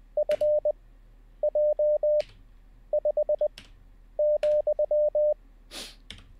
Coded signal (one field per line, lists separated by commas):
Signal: Morse code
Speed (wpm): 20 wpm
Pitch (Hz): 600 Hz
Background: none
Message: F J 5 ,